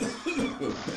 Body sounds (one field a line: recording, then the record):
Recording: coughing mixed with background sound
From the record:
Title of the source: Spring Cold Coughing.